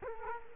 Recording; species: mosquito wingbeat signal from an infrared sensor; Culex quinquefasciatus